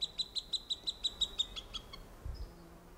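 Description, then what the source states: Cooper's hawk uttering about a dozen sharp, rapid notes, evenly spaced and fading out. Juvenile bird, recorded on July 21, 1995.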